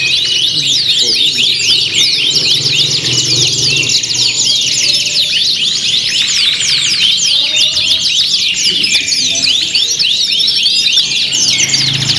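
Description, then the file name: Canary song, dense overlapping chorus of fast trills and chirps from many birds, continuous and bright throughout, with a faint low rumble underneath. Simulated canary singing contest with filler (isian) tutor songs, from Om Kicau, uploaded October 2013. "audio simulasi lomba kenari isian"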